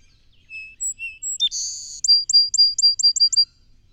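Song sparrow sings a few clear introductory whistles, a harsh high buzz, and then a steady trill of several ringing notes.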